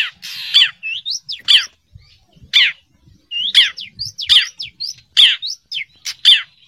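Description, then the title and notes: Long-tailed shrike sings scratchy downslurred notes interspersed with clear, upward-sweeping whistles in a varied, jerky sequence. "Kicau Burung Cendet"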